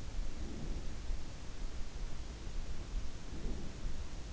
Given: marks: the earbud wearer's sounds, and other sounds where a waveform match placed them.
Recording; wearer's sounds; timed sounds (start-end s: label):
sounds in sleep by an in-ear microphone; breath
0.25-1.04 s: breath
3.24-4.27 s: breath